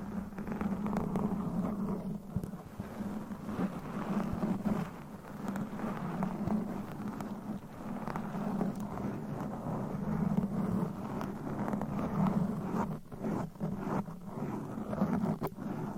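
Nails scratch and rub against a microphone in a continuous, dense texture that fills the whole sixteen seconds. The sound is mostly low and rumbling with a gritty midrange, broken by frequent sharp clicks and brief bright scrapes, especially toward the end.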